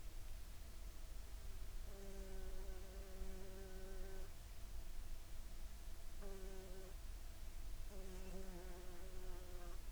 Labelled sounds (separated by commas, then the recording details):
insects
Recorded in the Prudhoe Bay oil fields, Alaska, on 19 July 2019 at 15:11
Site 11